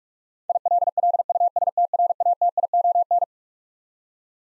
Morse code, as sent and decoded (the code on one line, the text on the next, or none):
.. .-.. .-.. ..- ... - .-. .- - .. --- -.
ILLUSTRATION